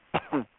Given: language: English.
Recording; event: throat vibration sensor signal played as sound; cough